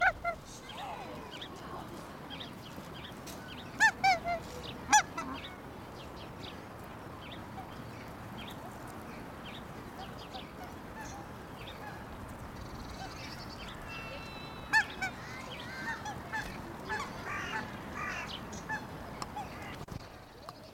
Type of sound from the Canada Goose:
call